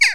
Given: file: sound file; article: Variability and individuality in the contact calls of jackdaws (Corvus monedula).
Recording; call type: jackdaw call; harmonic